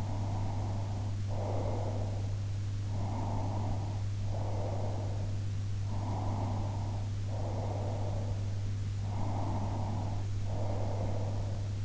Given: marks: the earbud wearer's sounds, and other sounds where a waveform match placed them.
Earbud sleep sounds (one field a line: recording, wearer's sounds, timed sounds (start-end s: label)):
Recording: sounds in sleep by an in-ear microphone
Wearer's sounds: breath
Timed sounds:
0.00-2.50 s: breath
3.21-5.51 s: breath
6.13-8.72 s: breath
9.35-11.85 s: breath